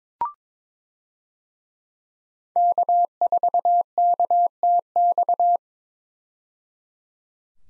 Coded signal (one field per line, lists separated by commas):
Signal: Morse code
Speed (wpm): 22 wpm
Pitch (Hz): 700 Hz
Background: none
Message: K4KTX